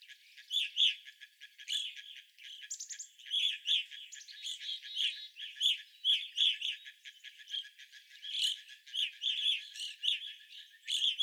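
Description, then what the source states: Evening grosbeak flock chatter: dense, clipped chirps and clear call notes tumbling over one another almost continuously, with a brief buzzy note near the start. Several evening grosbeaks, recorded on 25 April 2021.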